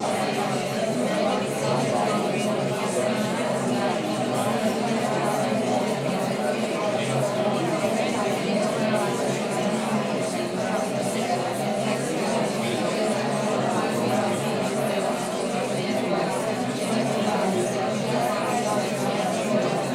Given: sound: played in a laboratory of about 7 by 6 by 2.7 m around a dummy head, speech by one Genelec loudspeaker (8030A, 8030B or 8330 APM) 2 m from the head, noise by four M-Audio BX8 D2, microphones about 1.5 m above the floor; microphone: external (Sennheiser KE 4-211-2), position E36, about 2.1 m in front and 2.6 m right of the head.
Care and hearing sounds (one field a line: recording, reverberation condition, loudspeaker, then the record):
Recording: babble noise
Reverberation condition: medium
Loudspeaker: four, about 170 cm from the corners of the room and facing them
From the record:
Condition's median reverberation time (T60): about 510 ms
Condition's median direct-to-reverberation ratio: about -0.5 dB